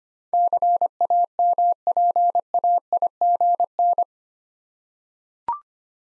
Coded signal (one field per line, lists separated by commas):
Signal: Morse code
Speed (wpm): 25 wpm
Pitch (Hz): 700 Hz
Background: none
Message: CAMPAIGN